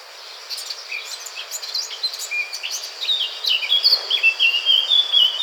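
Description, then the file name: Eurasian blackcap singing, starting with quiet chattering notes, then rising into a run of rich, whistled phrases that grow louder toward the close. "Sylvia atricapilla"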